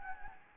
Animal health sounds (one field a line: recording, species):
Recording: mosquito wingbeat signal from an infrared sensor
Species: Anopheles gambiae